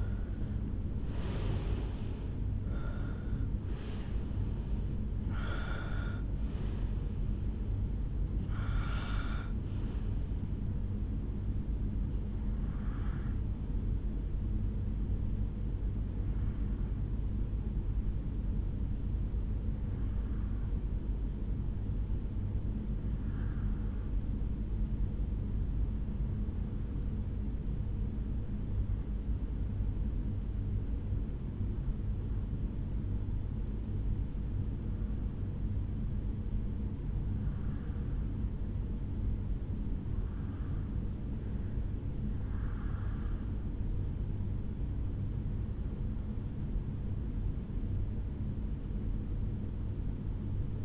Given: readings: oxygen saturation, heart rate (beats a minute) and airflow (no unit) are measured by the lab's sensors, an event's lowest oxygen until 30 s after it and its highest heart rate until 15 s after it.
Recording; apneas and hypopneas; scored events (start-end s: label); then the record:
breathing in sleep by a smartphone at the bedside; 1
16.00-43.10 s: hypopnea (REM, oxygen 97% highest, then 85% lowest, heart rate 64 at the start, 75 highest)
From the record:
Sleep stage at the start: REM sleep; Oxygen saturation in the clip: 82 to 97%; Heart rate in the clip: 64 to 80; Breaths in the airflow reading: 9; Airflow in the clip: -11.8 to 8.0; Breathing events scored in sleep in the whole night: 449 in 7.0 hours asleep